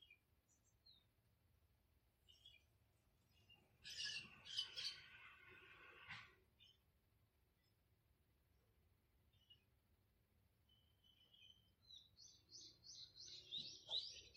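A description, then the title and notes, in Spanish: Birds call in a garden in the morning, with scattered short chirps over a steady low rumble. A loud, busy outburst of bright calls fills the stretch from about four to six seconds. Near the end, a fast run of repeated high notes takes over. Grabé el sonido de los pájaros en mi jardín cada mañana.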